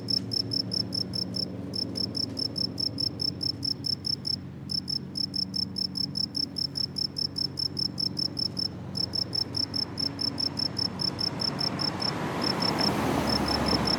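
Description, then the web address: Cricket chirps repeated rapidly and steadily in long runs broken by short pauses, over faint low hum and rising hiss toward the end. "college-alain-crozon grillon"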